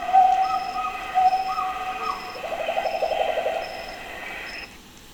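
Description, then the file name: Pileated gibbon song, a few hooting notes followed by a quick bubbling trill. South-east Thailand. "H -Pileatus-Pileated-giboon-SE-Thailand"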